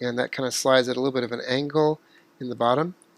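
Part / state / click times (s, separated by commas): plastic back cover onto phone body / not seated / none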